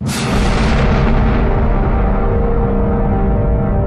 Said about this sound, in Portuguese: Vamos começar do início. Vamos começar com uma grande explosão.